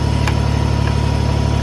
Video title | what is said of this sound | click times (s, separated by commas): Kubota BX23s, Backhoe easy On/Off with homemade Dolly | Now that's locked into place. | 0.3 s